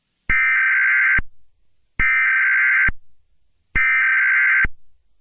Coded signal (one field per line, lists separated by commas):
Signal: Emergency Alert System (SAME) tones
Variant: header bursts